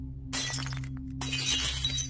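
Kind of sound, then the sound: sound effect, jar dropped and shattering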